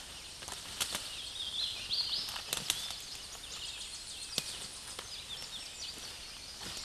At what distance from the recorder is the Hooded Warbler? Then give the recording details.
about 35 m. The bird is about 10 m above the microphone. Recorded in a Pennsylvania forest on 16 May 2024 at 08:32. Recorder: AudioMoth, point MSD-2155. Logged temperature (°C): 15.6 °C. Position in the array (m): 41 m, 142 m